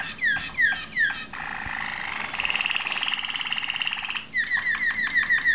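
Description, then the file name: Waterslager canary song: quick repeated downward-sweeping notes, then a long buzzy rolling trill that shifts higher midway, ending in a fast series of falling chips. Malinois (Waterslager) canary. "malinois waterslager omkicau"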